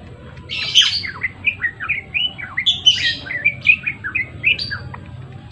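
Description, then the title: Java sparrow song: quick strings of high chirping notes, each sliding down, with bell-like peeps and a few sharp clicks, running continuously over a faint low hum. Actively singing (gacor). "Gelatik Belong Jawa Gacor"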